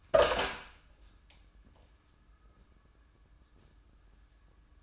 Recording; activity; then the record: daily activity, microphone in the room; open door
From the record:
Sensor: 2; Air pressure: 994.2 hPa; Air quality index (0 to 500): 207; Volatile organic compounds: 1000 ppm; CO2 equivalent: 6878 ppm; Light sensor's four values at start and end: 77/181/75/75 and 79/186/77/78